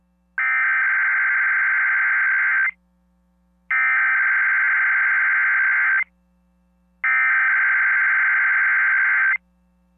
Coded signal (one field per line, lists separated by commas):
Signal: Emergency Alert System (SAME) tones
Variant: header bursts